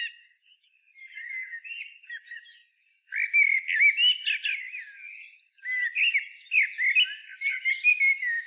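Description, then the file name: Common blackbird song: fluty warbled phrases mixed with high squeaky twitters, in bursts separated by brief pauses. "Turdus merula"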